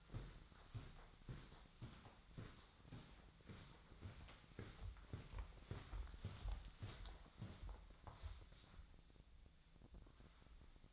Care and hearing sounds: daily activity, microphone in the room; walk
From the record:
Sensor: 3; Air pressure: 1009.3 hPa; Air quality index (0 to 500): 191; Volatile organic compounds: 4 ppm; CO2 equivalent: 1547 ppm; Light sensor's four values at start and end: 57/146/64/66 and 57/148/65/67

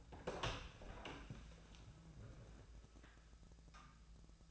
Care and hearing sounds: daily activity, microphone in the room; open door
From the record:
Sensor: 2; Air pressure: 1000.4 hPa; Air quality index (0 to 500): 173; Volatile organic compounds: 3 ppm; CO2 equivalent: 1437 ppm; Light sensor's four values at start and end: 9/22/9/10 and 9/23/9/10

